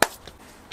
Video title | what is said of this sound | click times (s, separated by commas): VW Crafter Rear Light Cluster Removal + Brake Light Replacement - Vanlife Maintenance | and then just give it a push and you hear it click in and | 0.0 s